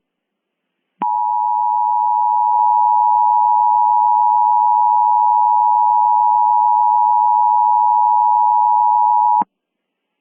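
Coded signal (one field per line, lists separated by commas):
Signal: Emergency Alert System (SAME) tones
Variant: 853 and 960 Hz attention tone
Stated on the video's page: Mock alert with a fictional scenario, made with valid EAS tones.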